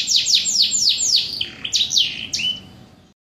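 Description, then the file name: Domestic canary singing: a fast run of repeated high downward-sweeping notes, then a few varied phrases and a longer held note. Standard-type canary song in the 'kapal oleng' style, with one-minute pauses. "kenari-standar-kapal-oleng-original-jeda-1-menit"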